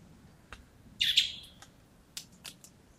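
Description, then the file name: Common blackbird call: one sharp, harsh burst about a second in, trailing off, then a few short clicking ticks against quiet background. "Turdus merula"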